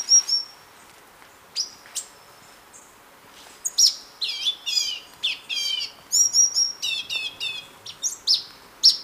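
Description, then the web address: Orange-bellied euphonia delivering a long run of high whistles, chips and rapid warbled, twangy notes. Ecuador. "Natures Songs S America Birds of Ecuador Orange-bellied Euphonia"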